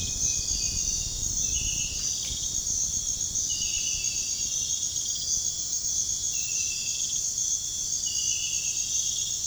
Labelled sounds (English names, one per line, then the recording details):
none
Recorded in pastures near Puerto Asís, Putumayo, Colombia, on 29 June 2025 at 05:00
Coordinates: 0.466, -76.322
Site GP07